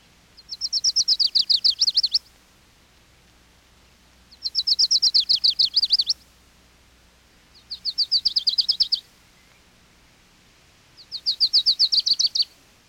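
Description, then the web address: Lucy's warbler singing four high, bright songs, each a rapid series of chips lasting about one and a half seconds, repeated roughly every three and a half seconds. "101 Bird Songs. Lucy's Warbler"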